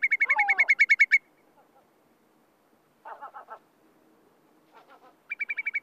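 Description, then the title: Whimbrel trilling in fast whistled pulses at the start and again at the end, with short lower bursts of notes in between. Breeds on bogs in Finland. "Viikon luontoääni: Pikkukuovi"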